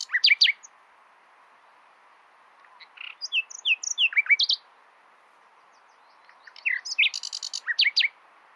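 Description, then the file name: Common nightingale song: short varied phrases of slurred whistles and sharp notes, separated by pauses of a second or two. "Luscinia megarhynchos"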